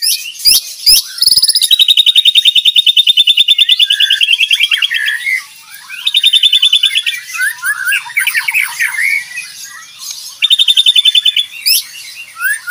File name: Suara Jernih murai aceh gacor speed rapat